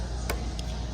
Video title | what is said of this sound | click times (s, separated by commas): We install a Soundstream Reserve radio in a 2022 Street Glide Standard | Push this down, it snaps into place, and it's done. | 0.3 s